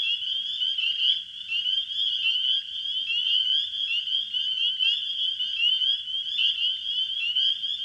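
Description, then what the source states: Dense spring peeper chorus, high piping whistles overlapping constantly, with brief swells where individual peeps stand out. Spring peepers calling in a wetland in spring.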